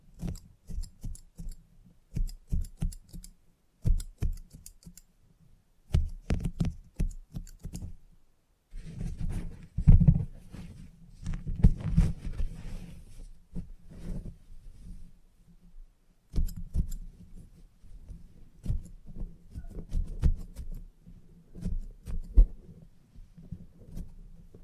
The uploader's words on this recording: ASMR Relaxing Salon Haircut Head Massage, Scissors and Clipper(No Talking).